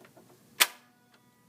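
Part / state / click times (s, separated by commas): looper threading lock on a serger, engaged by turning the hand wheel / seated / 0.6 s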